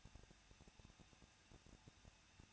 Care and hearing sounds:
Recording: daily activity, microphone in the room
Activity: no activity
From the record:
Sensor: 2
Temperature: 21.0 degrees Celsius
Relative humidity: 37.4%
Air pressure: 1006.2 hPa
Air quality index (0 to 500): 222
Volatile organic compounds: 24 ppm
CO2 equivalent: 2809 ppm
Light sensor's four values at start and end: 2/3/2/2 and 2/3/2/2

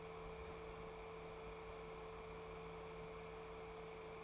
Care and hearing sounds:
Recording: daily activity, microphone in the room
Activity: open fridge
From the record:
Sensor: 1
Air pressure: 1015.0 hPa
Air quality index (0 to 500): 193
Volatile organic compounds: 22 ppm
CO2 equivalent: 2739 ppm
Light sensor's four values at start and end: 31/78/33/40 and 31/78/33/40

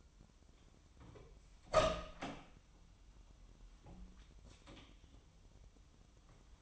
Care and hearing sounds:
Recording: daily activity, microphone in the room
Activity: open door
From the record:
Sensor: 1

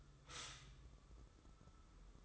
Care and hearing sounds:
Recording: daily activity, microphone in the room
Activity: stop toaster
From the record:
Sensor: 3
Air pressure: 995.2 hPa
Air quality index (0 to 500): 73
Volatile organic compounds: 5 ppm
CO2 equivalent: 1706 ppm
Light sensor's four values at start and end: 18/54/23/20 and 18/54/23/20

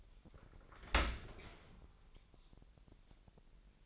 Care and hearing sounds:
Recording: daily activity, microphone in the room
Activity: open dishwasher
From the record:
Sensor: 5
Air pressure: 1000.7 hPa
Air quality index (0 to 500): 247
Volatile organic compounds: 34 ppm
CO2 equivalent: 3038 ppm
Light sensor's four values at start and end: 31/71/28/26 and 31/72/29/27

